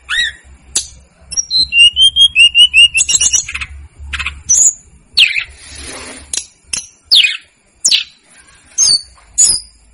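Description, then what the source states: Snowy-browed flycatcher giving a quick series of thin high notes stepping down in pitch, followed by scattered sharp chips and clicks. Masteran recording for training cage birds; local names tledekan gunung and sikatan gunung.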